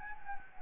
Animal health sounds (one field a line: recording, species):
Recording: mosquito wingbeat signal from an infrared sensor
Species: Anopheles gambiae